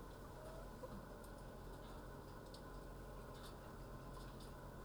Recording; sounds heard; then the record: poultry house recording; healthy chickens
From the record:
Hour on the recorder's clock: 9